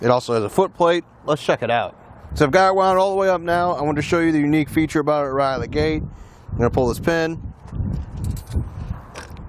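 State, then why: Not seated. Someone talks while handling an Ultimate Trailer Jack A-Frame Topwind Jack with a foot plate, pulling the release pin and twisting the swing arm of the jack's foot tube before raising it to latch. Short mechanical rattles from the pin and arm come near 8.2, 8.4 and 9.2 seconds. Nothing has seated or clicked into place yet.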